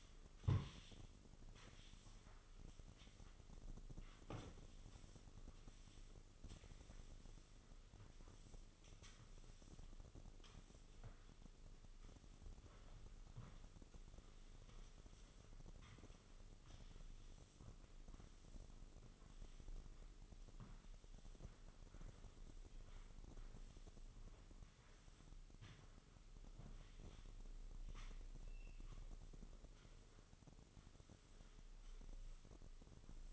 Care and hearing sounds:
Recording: daily activity, microphone in the room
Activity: sweep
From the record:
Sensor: 4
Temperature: 26.8 degrees Celsius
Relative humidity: 28.1%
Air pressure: 996.7 hPa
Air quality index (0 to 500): 87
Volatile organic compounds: 4 ppm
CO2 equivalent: 1684 ppm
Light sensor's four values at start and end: 21/56/22/24 and 18/50/19/20

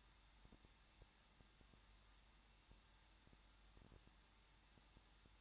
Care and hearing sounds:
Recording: daily activity, microphone in the room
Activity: no activity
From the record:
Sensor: 3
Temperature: 21.2 degrees Celsius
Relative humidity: 36.2%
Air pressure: 1006.5 hPa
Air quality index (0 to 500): 220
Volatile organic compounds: 39 ppm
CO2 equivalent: 3133 ppm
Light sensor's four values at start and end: 2/3/2/2 and 2/3/2/2

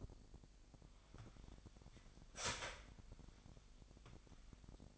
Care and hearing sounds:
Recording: daily activity, microphone in the room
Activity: start toaster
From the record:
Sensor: 5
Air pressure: 1002.1 hPa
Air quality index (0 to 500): 205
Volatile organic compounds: 19 ppm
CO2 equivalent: 2653 ppm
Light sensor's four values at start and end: 33/108/41/43 and 33/108/41/44

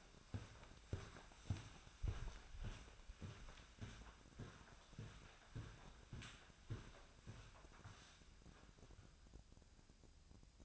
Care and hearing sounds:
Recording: daily activity, microphone in the room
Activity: walk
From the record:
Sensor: 2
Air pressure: 1009.2 hPa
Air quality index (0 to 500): 182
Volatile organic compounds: 3 ppm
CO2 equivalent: 1328 ppm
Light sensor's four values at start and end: 48/123/53/58 and 47/120/52/57

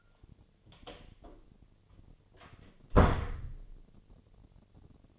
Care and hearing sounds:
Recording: daily activity, microphone in the room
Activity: close door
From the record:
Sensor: 4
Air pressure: 1008.2 hPa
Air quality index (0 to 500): 182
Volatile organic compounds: 5 ppm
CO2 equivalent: 1817 ppm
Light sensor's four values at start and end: 23/73/28/26 and 25/79/30/29

